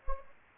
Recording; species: mosquito wingbeat signal from an infrared sensor; Anopheles gambiae